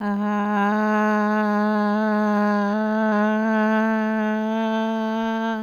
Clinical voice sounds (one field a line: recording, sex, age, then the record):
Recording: sustained vowel /a/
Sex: female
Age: 60 to 69 years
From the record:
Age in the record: 61 years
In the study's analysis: included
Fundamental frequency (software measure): 211 Hz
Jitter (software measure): 0.38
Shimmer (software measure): 0.70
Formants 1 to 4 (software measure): 848 Hz, 1578 Hz, 2871 Hz, 3936 Hz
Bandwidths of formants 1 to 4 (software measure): 266 Hz, 240 Hz, 350 Hz, 293 Hz